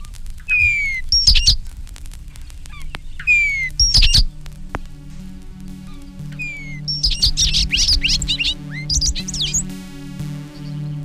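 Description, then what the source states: Bobolink song: bursts of bubbly, jumbled tinkling notes and sliding whistled notes over a steady low hum. Rollicking melodies rising above a meadow.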